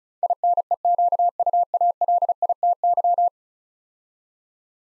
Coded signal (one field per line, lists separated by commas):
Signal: Morse code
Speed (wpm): 36 wpm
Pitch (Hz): 700 Hz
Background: none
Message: INEQUALITY